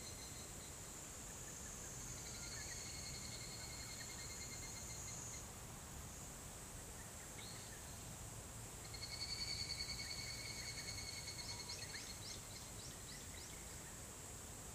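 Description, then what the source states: Cicada trilling faintly in bursts with pauses, over a low steady hum; a louder pulsing stretch midway and a few quick chirps later. Song referred to as kanakana.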